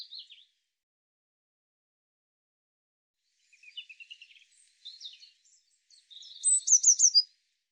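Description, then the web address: Eurasian blue tit calls, scattered, with brief high notes, then soft chattering bursts and a final loud run of sharp, zigzagging high notes. "cianscape birddata Deverinetal 2025 File cleaned normalized Bird Cy Ca"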